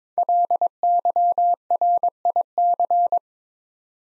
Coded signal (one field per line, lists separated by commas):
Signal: Morse code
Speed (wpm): 22 wpm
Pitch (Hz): 700 Hz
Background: none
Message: LYRIC